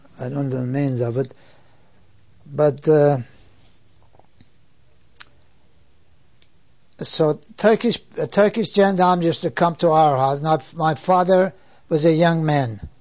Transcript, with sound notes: I don't know the names of it. But, (he pauses) so Turkish, Turkish gendarmes used to come to our house. Now, my father was a young man.